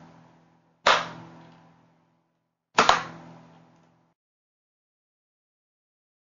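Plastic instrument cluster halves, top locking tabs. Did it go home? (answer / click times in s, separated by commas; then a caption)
yes / 0.9 s, 2.8 s. The top plastic locking tabs of the two halves of an instrument cluster are pressed after the cluster is turned around. Two loud, sharp snaps sound at 0.9 s and 2.8 s, each ringing briefly before fading into silence. The top tabs lock into place.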